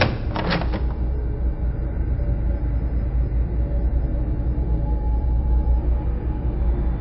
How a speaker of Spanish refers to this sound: Y entonces abrí de par en par la puerta.